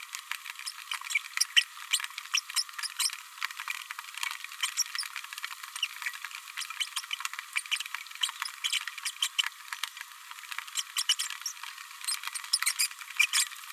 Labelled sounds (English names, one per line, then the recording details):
Green-rumped Parrotlet babbling
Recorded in a nest box in Venezuela
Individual 18B104A3